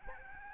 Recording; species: mosquito wingbeat signal from an infrared sensor; Aedes albopictus